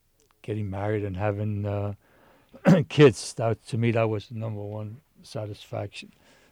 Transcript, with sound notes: — getting married and having [clears throat] kids. That — to me, that was the number one satisfaction.